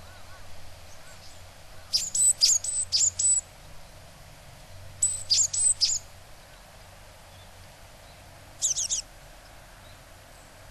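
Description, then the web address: Japanese tit giving three bursts of rapid, harsh, buzzy high notes spaced a few seconds apart over a constant low background hum. Recorded in Kaji, Hyogo, Japan, on August 2. "koe sijuukara 3 0802 hyogo kaji"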